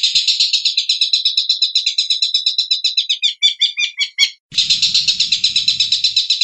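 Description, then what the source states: Long-tailed shrike song: quick harsh high trill slowing into separate sharp notes, then a dense buzzy rattle resumes. Varied fill-in phrases.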